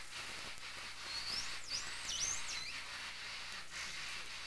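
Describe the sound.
Whale whistles: several high sweeping calls that rise and fall in loops, against a steady hiss.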